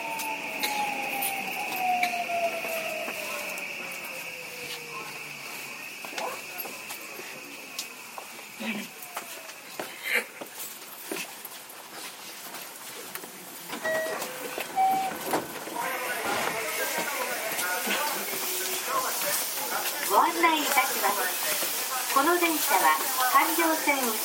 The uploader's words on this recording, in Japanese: JR323系 桃谷→桃谷。朝早くに乗車して録音しましたが、そこそこ乗客がおり、少し声が聞こえます。